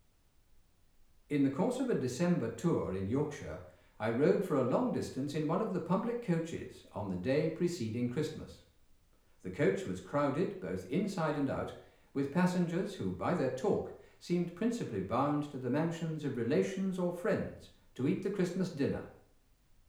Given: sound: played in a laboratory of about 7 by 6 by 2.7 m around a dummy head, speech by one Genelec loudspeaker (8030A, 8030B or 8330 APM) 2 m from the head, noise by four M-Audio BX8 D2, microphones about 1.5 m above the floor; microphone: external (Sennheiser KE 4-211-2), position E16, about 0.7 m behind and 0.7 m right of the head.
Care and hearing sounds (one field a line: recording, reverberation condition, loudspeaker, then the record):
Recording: male speech in English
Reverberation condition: medium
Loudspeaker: 150 degrees to the left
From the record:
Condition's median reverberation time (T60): about 510 ms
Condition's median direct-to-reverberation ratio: about -0.5 dB